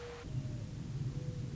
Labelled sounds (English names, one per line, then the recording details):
Mourning Dove
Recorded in Sonoma County, California